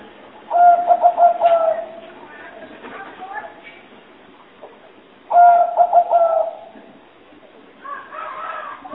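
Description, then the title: Spotted dove cooing in two bursts of repeated notes about five seconds apart, with a different call at the end. Lure call for trapping, described as the most effective. "Pikat Burung Tekukur Paling Ampuh"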